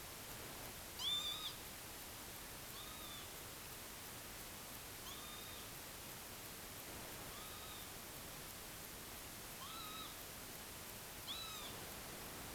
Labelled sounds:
Northern Lapwing
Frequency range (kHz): Northern Lapwing 0.4-9.7 kHz
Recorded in France

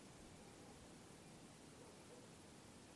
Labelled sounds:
none
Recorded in France

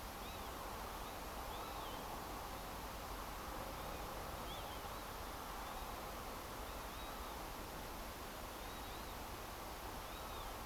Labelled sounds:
Northern Lapwing
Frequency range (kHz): Northern Lapwing 2.1-4.4 kHz
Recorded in France

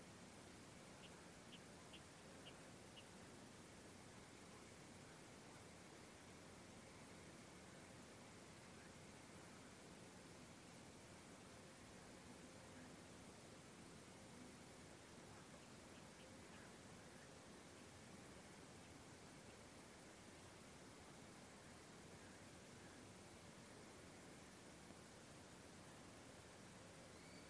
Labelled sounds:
Water Rail
Tawny Owl
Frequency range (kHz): Water Rail 2.2-3.9 kHz; Tawny Owl 2.0-4.9 kHz
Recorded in France

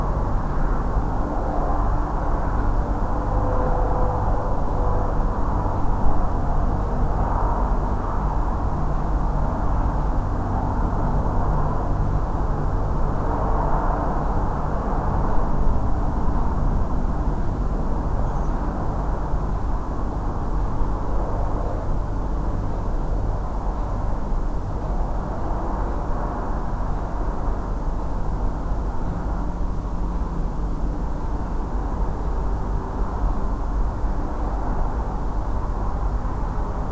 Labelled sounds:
Redwing
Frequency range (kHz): Redwing 5.6-7.5 kHz
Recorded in France

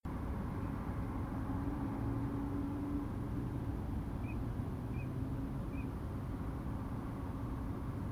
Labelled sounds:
Eurasian Teal
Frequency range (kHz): Eurasian Teal 2.1-2.8 kHz
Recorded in France

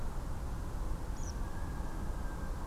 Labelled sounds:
Tree Pipit
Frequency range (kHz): Tree Pipit 4.3-7.1 kHz
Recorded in France

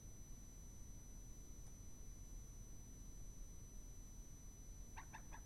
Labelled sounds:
unidentified sound
Common Moorhen
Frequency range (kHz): Common Moorhen 0.7-8.1 kHz
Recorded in France

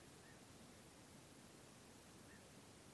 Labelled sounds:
Black-headed Gull
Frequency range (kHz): Black-headed Gull 1.6-2.0 kHz
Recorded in France

